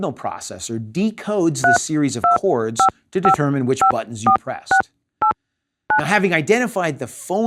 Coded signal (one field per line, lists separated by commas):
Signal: DTMF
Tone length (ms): 110 ms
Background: speech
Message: 325554689